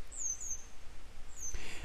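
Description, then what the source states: Grey wagtail calls, two thin, high, downslurred notes about a second apart over a low, steady background rumble. A pair of grey wagtails still searching for their young today; follow-up recording.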